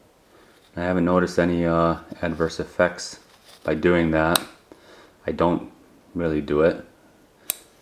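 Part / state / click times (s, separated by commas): lid of a wireless earbud charging case / seated / 7.5 s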